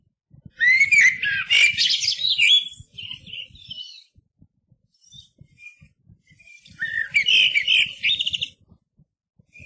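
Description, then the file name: Eurasian blackbird song in two phrases several seconds apart, rich whistled warbling that ends in thin squeaky trills, over a faint low background rumble. "MERLO"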